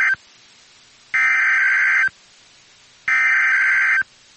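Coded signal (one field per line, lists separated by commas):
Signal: Emergency Alert System (SAME) tones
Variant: header bursts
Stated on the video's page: Real EAS tornado drills recorded in Central Virginia.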